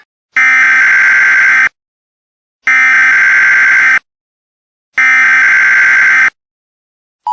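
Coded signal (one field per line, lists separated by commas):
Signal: Emergency Alert System (SAME) tones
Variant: header bursts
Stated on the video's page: Fictional EAS scenario based on the Pinewood Builders computer core game.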